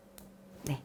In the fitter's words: 이렇게 딸깍 소리가 나게 4P 커넥터에 이렇게 넣어 주시고요.